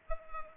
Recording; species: mosquito wingbeat signal from an infrared sensor; Culex pipiens